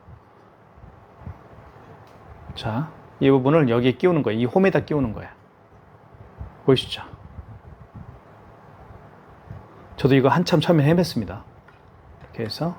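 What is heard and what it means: A portable KMR-K102 Bluetooth card terminal has its tab lined up with the groove of its holder/cradle, a step that caused confusion at first. Someone talks through most of the clip, with two faint, brief handling ticks near 11.7 s and 12.2 s. The terminal has not yet been pushed home, and nothing has seated or clicked yet.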